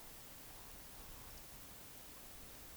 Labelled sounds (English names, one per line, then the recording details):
Eurasian Woodcock whistle
Eurasian Woodcock croak
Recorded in Baden-Württemberg, Germany, on 20 May 2021 at 19:54 UTC
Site 24606, 635 m above sea level